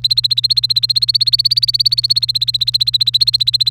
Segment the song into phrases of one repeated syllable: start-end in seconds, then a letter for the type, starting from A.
0.00-3.70 A